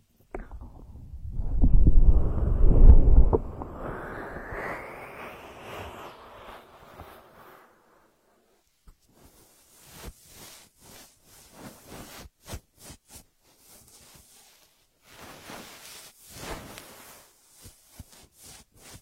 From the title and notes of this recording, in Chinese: 无人声按摩耳朵（声控助眠）。